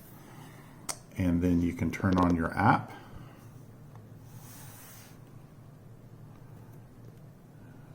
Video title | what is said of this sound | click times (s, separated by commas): Astounding Lego Haunted House Set 10273 Tour with Powered Up App | set to go you just slide this in there and it clicks into place and then | 0.9 s